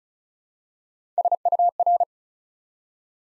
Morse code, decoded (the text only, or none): SUR